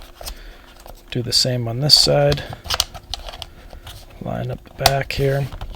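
Someone talks while lining up the other-side arm of a plastic SUPERUS head strap at the back of a Meta Quest 3 headset's side mount and beginning to press it in. Short, sharp plastic taps and handling clatter are heard, mostly between about 2.8 and 3.9 seconds. Nothing has seated or clicked yet by the end of the clip.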